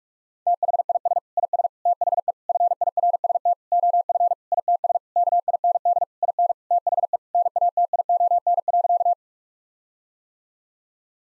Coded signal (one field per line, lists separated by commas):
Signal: Morse code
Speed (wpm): 41 wpm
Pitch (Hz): 700 Hz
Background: none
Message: THIS IS THE FIRST OF ITS KIND IN THE NATION.